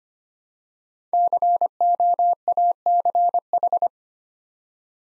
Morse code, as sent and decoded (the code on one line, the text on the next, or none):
-.-. --- .- -.-. ....
COACH